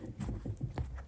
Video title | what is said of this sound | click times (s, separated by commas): Dyson vacuum pulsating - MOST Common cause | and you should hear clicking | 0.6 s, 0.8 s, 1.0 s